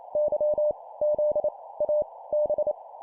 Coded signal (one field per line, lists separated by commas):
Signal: Morse code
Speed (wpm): 28 wpm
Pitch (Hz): 600 Hz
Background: none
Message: Y Z A B